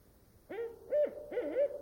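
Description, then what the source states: Barred owl hoots, three quick clear notes, the last doubled with a slight waver, over a quiet background. A lone barred owl singing at night from a nearby tree in still, quiet air, old-growth Queets Rain Forest river valley, Olympic National Park; voice echoing off the trees, calling and awaiting an answer.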